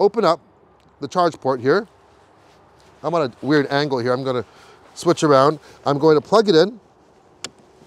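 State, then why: Seated. Someone talks while the charge port on a Hyundai IONIQ 5 is opened and a third-party Lectron V2L adapter plug is pushed into the open port. At 7.4 s, a single sharp snap is heard as the adapter locks in and seats in the charge port.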